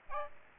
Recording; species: mosquito wingbeat signal from an infrared sensor; Aedes aegypti